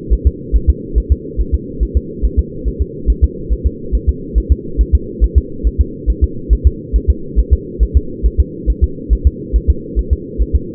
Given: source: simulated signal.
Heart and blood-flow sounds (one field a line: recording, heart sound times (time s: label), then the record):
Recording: fetal heart sounds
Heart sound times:
0.13 s: S1
0.27 s: S2
0.56 s: S1
0.70 s: S2
0.98 s: S1
1.12 s: S2
1.41 s: S1
1.54 s: S2
1.83 s: S1
1.97 s: S2
2.25 s: S1
2.39 s: S2
2.68 s: S1
2.82 s: S2
3.10 s: S1
3.24 s: S2
3.53 s: S1
3.67 s: S2
3.95 s: S1
4.09 s: S2
4.38 s: S1
4.52 s: S2
4.81 s: S1
4.95 s: S2
5.24 s: S1
5.38 s: S2
5.67 s: S1
5.81 s: S2
6.10 s: S1
6.24 s: S2
6.53 s: S1
6.67 s: S2
6.96 s: S1
7.10 s: S2
7.39 s: S1
7.53 s: S2
7.83 s: S1
7.97 s: S2
8.26 s: S1
8.40 s: S2
8.70 s: S1
8.84 s: S2
9.13 s: S1
9.27 s: S2
9.56 s: S1
9.70 s: S2
9.99 s: S1
10.13 s: S2
10.42 s: S1
10.56 s: S2
From the record:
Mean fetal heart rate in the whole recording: 140 bpm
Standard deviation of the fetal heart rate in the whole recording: 2 bpm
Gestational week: 34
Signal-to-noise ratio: -4.3 dB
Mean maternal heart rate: 72 bpm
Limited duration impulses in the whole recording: absent